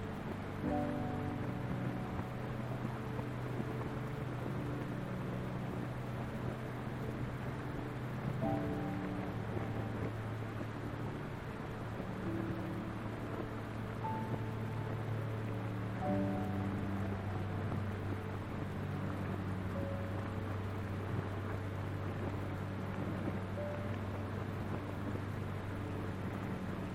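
Steady rain and white noise hiss evenly throughout, with a low sustained hum underneath. Soft piano notes sit in the middle, held chords shifting slowly, with changes around 8, 16 and 20 seconds. Loudness stays level from start to finish.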